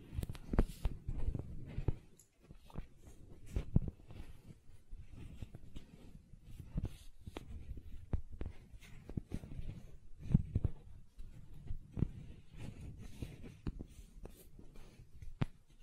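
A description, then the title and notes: Gentle silicone handling sounds: soft, irregular squishes and taps, dense and low, with frequent sharp clicks and a brief pause near two seconds. ASMR Gentle Silicon Sounds for Sleep (No Talking).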